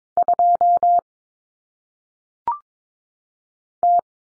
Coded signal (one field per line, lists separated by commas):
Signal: Morse code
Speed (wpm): 22 wpm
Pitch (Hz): 700 Hz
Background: none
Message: 2 T